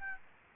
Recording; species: mosquito wingbeat signal from an infrared sensor; Aedes aegypti